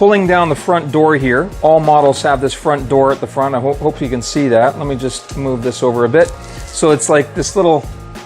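Someone talks throughout while handling the small front door flap on a Glowforge desktop laser cutter, pulling the front door down. The clip ends before the flap locks and snaps into place; nothing has seated yet.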